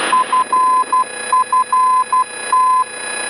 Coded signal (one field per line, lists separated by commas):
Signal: Morse code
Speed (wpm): 12 wpm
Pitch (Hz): 1020 Hz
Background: radio noise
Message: FFT